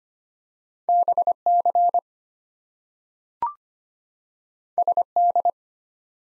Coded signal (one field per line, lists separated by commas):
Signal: Morse code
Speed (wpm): 25 wpm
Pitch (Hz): 700 Hz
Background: none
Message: BC SD